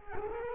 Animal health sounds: mosquito wingbeat signal from an infrared sensor; Culex quinquefasciatus

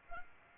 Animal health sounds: mosquito wingbeat signal from an infrared sensor; Anopheles arabiensis

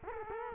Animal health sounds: mosquito wingbeat signal from an infrared sensor; Culex quinquefasciatus

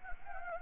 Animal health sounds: mosquito wingbeat signal from an infrared sensor; Anopheles gambiae

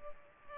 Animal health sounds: mosquito wingbeat signal from an infrared sensor; Culex pipiens

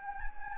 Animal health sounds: mosquito wingbeat signal from an infrared sensor; Anopheles gambiae

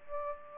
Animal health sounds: mosquito wingbeat signal from an infrared sensor; Aedes aegypti

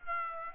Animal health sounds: mosquito wingbeat signal from an infrared sensor; Aedes aegypti

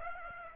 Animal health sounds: mosquito wingbeat signal from an infrared sensor; Aedes aegypti

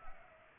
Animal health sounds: mosquito wingbeat signal from an infrared sensor; Culex pipiens

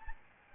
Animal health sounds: mosquito wingbeat signal from an infrared sensor; Aedes albopictus

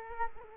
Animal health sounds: mosquito wingbeat signal from an infrared sensor; Culex quinquefasciatus

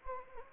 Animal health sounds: mosquito wingbeat signal from an infrared sensor; Anopheles gambiae

